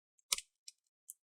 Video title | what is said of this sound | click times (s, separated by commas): How to Replace Battery in Dell Inspiron 14 3481 (Reg. P89g) Laptop - Step-by-Step🔋 | You want to hear those clicks, that's fine. That's what you want to hear. | 0.3 s, 0.7 s, 1.1 s